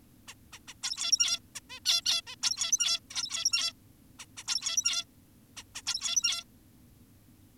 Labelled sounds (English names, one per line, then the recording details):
Zebra Finch
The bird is an adult
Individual g17y2U